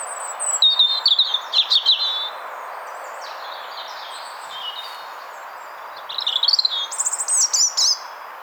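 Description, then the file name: European robin song: two bursts of high, quick warbled and trilled notes separated by a quieter interval with faint twitters. "Erithacus rubecula"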